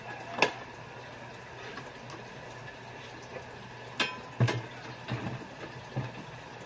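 A 45 L plastic HNJ dual-lock motorcycle top box is set onto its base plate on the rear bracket of an RS 125 FI and locked in. A sharp latch click at 0.4 s is followed by a few softer knocks around 4.0 to 6.0 s over a steady low hum. The box is latched and now mounted.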